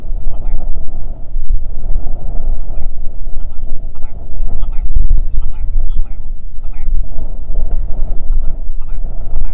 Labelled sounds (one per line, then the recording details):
songbird
grouse or ptarmigan
wind
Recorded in the Prudhoe Bay oil fields, Alaska, on 6 June 2019 at 03:44
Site 16